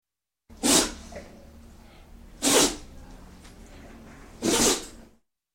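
A small terrier sneezes three times: short, sharp, breathy bursts spaced about two seconds apart, with quiet between them.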